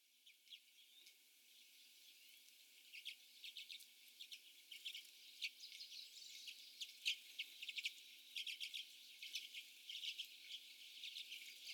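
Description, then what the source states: Common redpolls calling in scattered, quick dry chips that start sparse and grow busier toward the end, over a faint hiss. Several birds.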